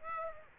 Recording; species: mosquito wingbeat signal from an infrared sensor; Aedes aegypti